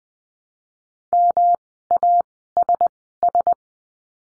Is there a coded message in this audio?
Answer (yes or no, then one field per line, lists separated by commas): yes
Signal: Morse code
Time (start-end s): 1.1-3.5 s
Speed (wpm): 20 wpm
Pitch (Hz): 700 Hz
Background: none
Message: MASS